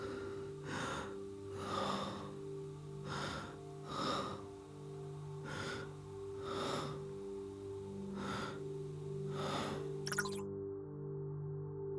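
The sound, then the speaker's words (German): Heavy, rhythmic breathing with sharp gasping inhales, roughly one breath per second for about ten breaths, over a steady low humming drone. “Earth Memory. Atmen.”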